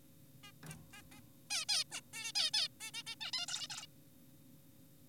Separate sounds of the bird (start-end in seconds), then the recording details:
0.44-0.52, 0.63-0.75, 0.93-1.02, 1.12-1.20, 1.50-1.65, 1.69-1.84, 1.92-2.01, 2.14-2.32, 2.36-2.51, 2.54-2.68, 2.81-2.91, 2.94-3.03, 3.07-3.16, 3.21-3.31, 3.34-3.46, 3.48-3.68, 3.70-3.86. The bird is an adult. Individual g4p5U